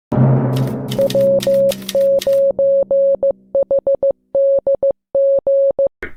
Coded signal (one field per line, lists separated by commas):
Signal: Morse code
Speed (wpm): 15 wpm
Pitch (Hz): 550 Hz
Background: music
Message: W9HDG